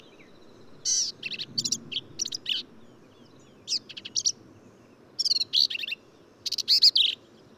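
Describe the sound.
Black-capped vireo song, a run of hurried, harsh, chattering phrases in quick groups separated by brief pauses, varied and scratchy in tone, over low hiss.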